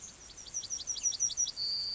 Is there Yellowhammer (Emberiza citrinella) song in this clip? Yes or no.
yes